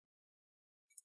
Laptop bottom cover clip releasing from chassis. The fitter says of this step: and I'll keep rotating and I the tiny click sounds and that's and I let go